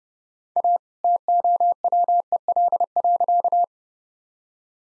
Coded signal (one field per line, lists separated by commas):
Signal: Morse code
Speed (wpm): 31 wpm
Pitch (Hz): 700 Hz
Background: none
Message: A TOWEL.